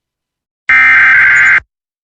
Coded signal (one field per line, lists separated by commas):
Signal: Emergency Alert System (SAME) tones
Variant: header bursts